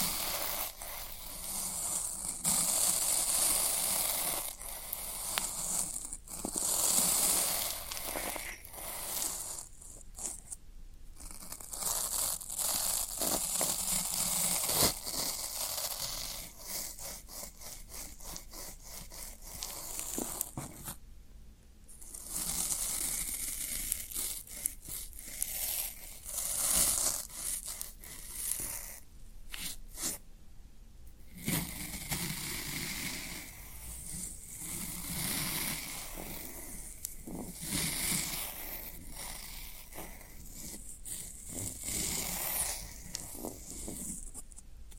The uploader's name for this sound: Floral Foam Sounds